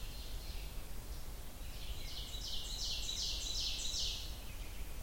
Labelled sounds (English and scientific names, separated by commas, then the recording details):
Ovenbird (Seiurus aurocapilla) song
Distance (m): 50 m
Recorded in boreal forest in Alberta, Canada, on 30 June 2016 at 08:33
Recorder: SongMeter 3, array SBT-6-79
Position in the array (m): 166 m, 40 m
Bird 43